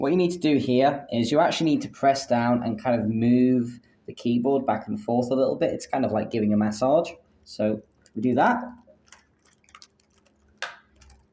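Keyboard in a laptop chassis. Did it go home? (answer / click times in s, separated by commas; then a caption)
released / 10.6 s. Someone talks while pressing down on the keyboard of a ThinkPad X220 laptop and rocking it back and forth to free it from the palm rest, part of installing an mSATA SSD drive. A few faint ticks follow, then a sharp click at 10.6 s as the keyboard releases from its latches.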